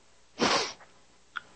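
An adult man sneezes once, a sharp burst of noise, during an attack of sneezing from allergies.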